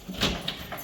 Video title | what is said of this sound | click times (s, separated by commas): KARAVAN HAYATINA GEÇİŞ.İLK ACEMİ VİDEO | kilit sesi yeni bir hayatın sesi olacak bizim için inşallah | 0.5 s, 0.7 s